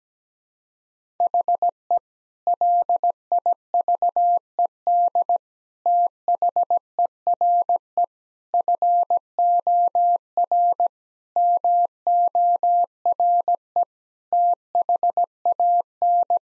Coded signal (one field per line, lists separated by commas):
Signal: Morse code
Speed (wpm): 17 wpm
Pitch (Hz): 700 Hz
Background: none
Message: HE LIVED THERE FOR MORE THAN